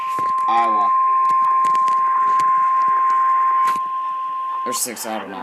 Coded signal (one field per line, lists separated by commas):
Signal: Emergency Alert System (SAME) tones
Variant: 1050 Hz attention tone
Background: speech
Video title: EAS 381 SVR NWS Sioux Falls